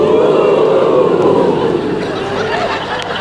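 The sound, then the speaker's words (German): Wind howls steadily and loudly around a house, a hollow moaning tone that slowly sinks in pitch and eases slightly over a few seconds, with no voices. “Und der Wind heult ums Haus.”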